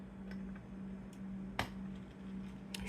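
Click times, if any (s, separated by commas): 1.6 s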